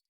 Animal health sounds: hydrophone in a shrimp aquaculture tank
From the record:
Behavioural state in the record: feeding

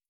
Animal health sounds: hydrophone in a shrimp aquaculture tank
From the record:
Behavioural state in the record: starved

